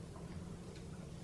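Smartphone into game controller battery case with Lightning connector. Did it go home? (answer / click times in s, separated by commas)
no / none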